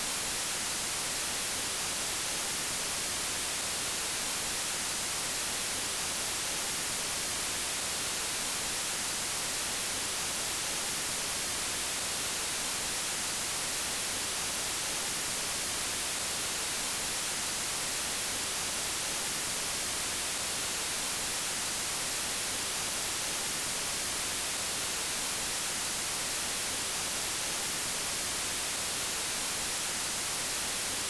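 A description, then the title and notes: Soft white noise runs unchanged for the full half minute, a dense, even hiss with no events or pauses. Its texture leans bright, with a fine airy fizz on top and a thinner, fluttering rumble underneath, steady in loudness throughout. Super Soft Ambient White Noise.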